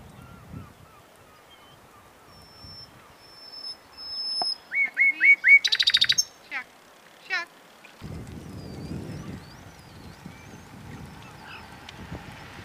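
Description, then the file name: Common nightingale song: faint whistles, then a series of repeated notes growing louder, a loud buzzy rattle and sharp clicks, followed by low background noise. "Luscinia megarhynchos"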